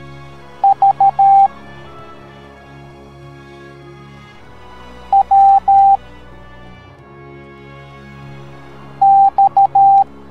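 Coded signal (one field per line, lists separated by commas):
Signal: Morse code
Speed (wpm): 13 wpm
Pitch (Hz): 790 Hz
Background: music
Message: V W X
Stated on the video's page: Morse code alphabet taught as an educational cartoon lesson for kids.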